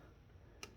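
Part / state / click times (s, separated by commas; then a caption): steel drawer divider into the side notches of a steel desk drawer / seated / 0.6 s. One side of a steel drawer divider is lined up with the notches in the side of a steel drawer in a vintage All-Steel arch leg tanker desk and pushed down. Over a low, steady background, a single sharp, bright tick sounds at 0.6 s as that side snaps into its notches and seats.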